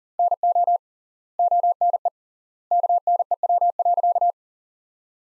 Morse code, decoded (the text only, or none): NO ONE KNEW.